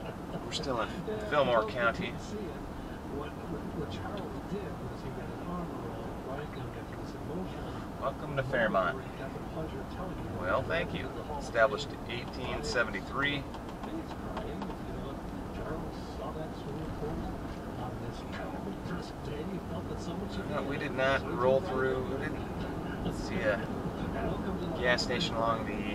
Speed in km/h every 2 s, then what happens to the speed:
60, 60, 60, 60, 58, 58, 58, 58, 58, 58, 60, 63, 66.
0-19 steady at about 58. 19-26 speeds up to 66.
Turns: none.